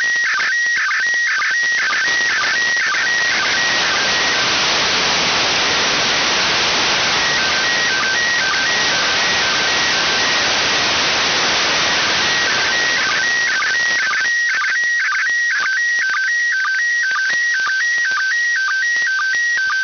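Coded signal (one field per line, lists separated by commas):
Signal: SSTV (slow-scan television)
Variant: PD120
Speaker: this one, so use Apollo Soyuse 50th anniversary.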